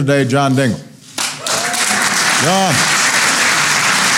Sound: applause